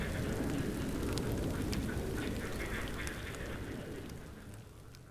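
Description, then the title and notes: Frogs croaking rapidly in chorus over low rumbling noise, the calling and background both fading toward the end. Frogs woken by a passing helicopter, Chindrieux, France. "RRCH+PF Chindrieux, France - grenouilles. Le passage d'un hélicoptère réveille les grenouilles"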